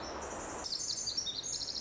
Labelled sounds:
Pacific Wren (Troglodytes pacificus)

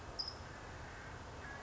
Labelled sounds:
California Towhee (Melozone crissalis)

